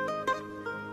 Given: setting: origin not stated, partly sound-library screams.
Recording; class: one-second piece from a danger detection set; normal situation